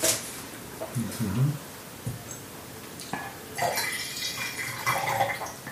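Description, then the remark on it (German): Light clinks of a cup and dishes come first, then cold wine pours into the cup in a steady, splashy trickle for a couple of seconds, fairly soft overall. “Ich gieße auch noch einen kalten.”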